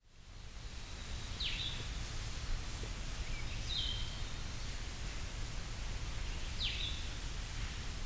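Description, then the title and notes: Blue-headed Vireo song: three short, high, sweet slurred phrases spaced a few seconds apart, over a steady roar of rushing water. Recorded at Hector Falls, Tionesta Scenic Area, Allegheny National Forest, beside a small waterfall; song described as like Red-eyed Vireo's but sung less often and sweeter, almost squeakier. "Hector Falls, Part 2 (Blue-headed Vireo). Songbirding"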